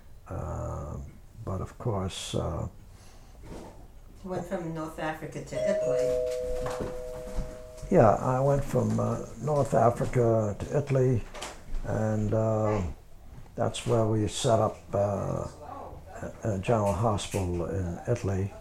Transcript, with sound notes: But of course –
He went from North Africa to Italy. (a doorbell rings)
Yeah. I went from North Africa to Italy, and that's where we set up a general hospital in Italy.